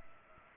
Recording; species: mosquito wingbeat signal from an infrared sensor; Culex pipiens